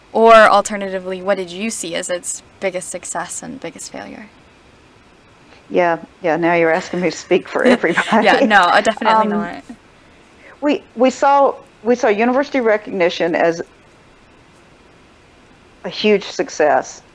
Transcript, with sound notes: Or—alternatively, what did you see as its biggest success and biggest failure?
Yeah, yeah… now you’re asking me to speak for everybody. [laughter]
Yeah, no, definitely not. [laughter]
We—we saw—we saw university recognition as a huge success.